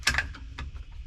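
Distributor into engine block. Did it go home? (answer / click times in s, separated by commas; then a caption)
no / none. A distributor is lowered into the small-block engine of a 1973 Chevy van and rotated so its gear can mesh with the cam gear, since the way the gears are cut means it has to turn as it engages. Two sharp metallic ticks sound at 0.1 and 0.2 s, followed by fainter clicks and light rattling. Nothing has seated yet; the distributor is still being handled and has not dropped home.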